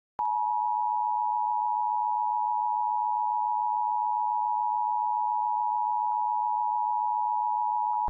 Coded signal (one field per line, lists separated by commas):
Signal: Emergency Alert System (SAME) tones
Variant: 853 and 960 Hz attention tone